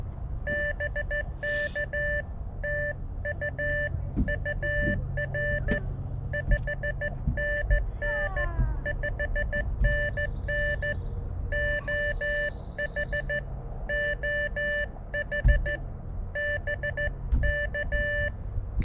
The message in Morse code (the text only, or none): BK TU UR 5NN 5NN OH OH BK